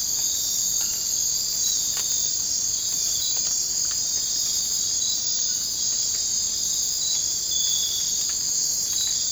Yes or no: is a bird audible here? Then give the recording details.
no. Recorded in dense forest near Puerto Asís, Putumayo, Colombia, on 24 March 2025 at 03:00. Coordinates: 0.485, -76.318. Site G056